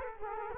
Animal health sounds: mosquito wingbeat signal from an infrared sensor; Culex quinquefasciatus

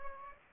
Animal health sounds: mosquito wingbeat signal from an infrared sensor; Anopheles gambiae

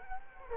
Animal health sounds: mosquito wingbeat signal from an infrared sensor; Culex quinquefasciatus

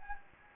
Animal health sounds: mosquito wingbeat signal from an infrared sensor; Anopheles gambiae

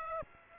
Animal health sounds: mosquito wingbeat signal from an infrared sensor; Aedes aegypti

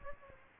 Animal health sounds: mosquito wingbeat signal from an infrared sensor; Aedes aegypti

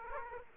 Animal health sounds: mosquito wingbeat signal from an infrared sensor; Aedes aegypti

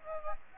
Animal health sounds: mosquito wingbeat signal from an infrared sensor; Aedes aegypti

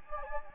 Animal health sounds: mosquito wingbeat signal from an infrared sensor; Anopheles gambiae

